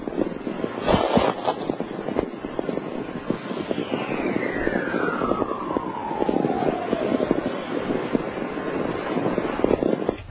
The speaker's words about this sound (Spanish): Igual que en este caso, que estamos hablando de otra tormenta, esta vez obtenida en Reno, y se puede decir que son coros de una tormenta magnética, porque ni más ni menos así sonaría un viento solar de 44 kilohercios.